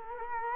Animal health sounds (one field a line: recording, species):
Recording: mosquito wingbeat signal from an infrared sensor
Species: Culex quinquefasciatus